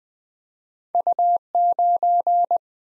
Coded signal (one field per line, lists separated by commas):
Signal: Morse code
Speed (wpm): 20 wpm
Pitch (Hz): 700 Hz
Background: none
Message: U 9